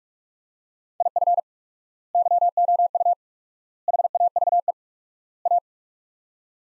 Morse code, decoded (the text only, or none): IF YOU HAVE A